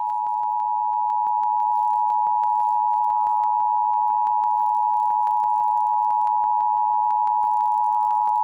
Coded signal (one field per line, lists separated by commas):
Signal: Emergency Alert System (SAME) tones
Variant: 853 and 960 Hz attention tone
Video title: EAS Tornado Warning During Curious George (7-18-2022 WMPB-DT3)